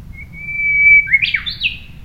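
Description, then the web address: Japanese bush warbler song: a long, steady, held whistle followed by a quick rising-and-falling flourish, over a low background rumble. "shun uguisu"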